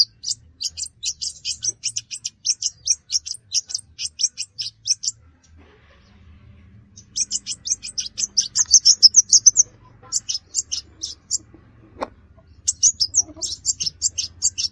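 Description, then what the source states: Brown-throated sunbird delivering quick, high chirps in steady runs of several seconds, separated by gaps of up to about two seconds, with a faint low hum behind. Described as gacor, in vigorous, persistent song.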